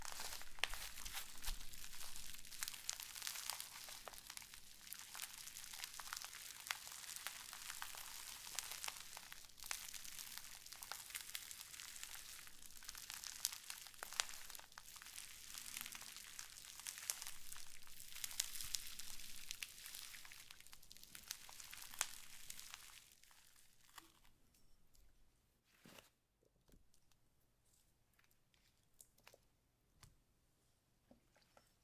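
Slime is squished and kneaded, making a dense, continuous run of wet crackles, pops and crinkly squelches that stays busy for about 23 seconds. Then the handling stops abruptly, leaving near quiet with a few isolated clicks and pops.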